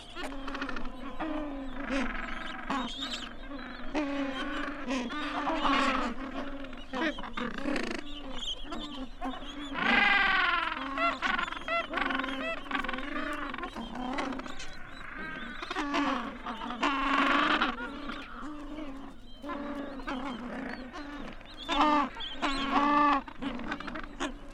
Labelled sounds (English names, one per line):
Gentoo Penguin call